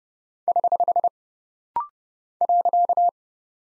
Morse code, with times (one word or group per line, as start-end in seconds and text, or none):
0.5-1.1 <HH>
2.4-3.1 .